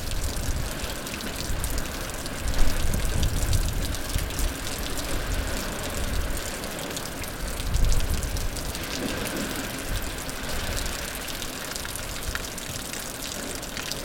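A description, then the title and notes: Water drips and splashes steadily inside an ocean cave over a dense, hollow low rumble, with slightly louder swells near three and eight seconds. Natural Soundscape - Ocean Cave Dripping. Black Sand Beach Depoe Bay, OR.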